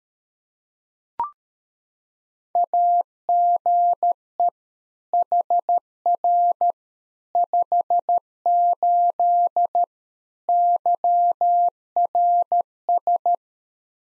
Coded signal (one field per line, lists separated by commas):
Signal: Morse code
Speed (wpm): 13 wpm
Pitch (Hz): 700 Hz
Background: none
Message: AGE HR 58 YRS